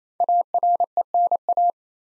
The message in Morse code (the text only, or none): ARENA